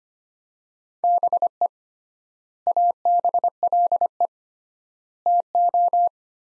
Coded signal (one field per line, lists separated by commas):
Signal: Morse code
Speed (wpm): 25 wpm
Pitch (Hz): 700 Hz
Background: none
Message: BE ABLE TO